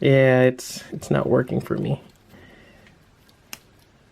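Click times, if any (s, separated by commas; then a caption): 3.5 s. Someone talks while handling a stiff joint on a 1/6 scale Original Effect Momo Chocolate Space Special Force ver. plastic action figure, followed by quiet handling noises. At 3.5 s a sharp snap is heard as a plastic part accidentally pops off its joint.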